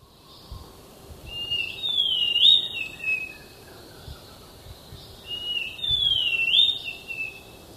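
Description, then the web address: Thrush-like schiffornis singing two slurred whistled phrases about four seconds apart, each rising, twisting and dropping, over soft background noise. Ecuador. "Birds of Ecuador. Thrush-like Schiffornis"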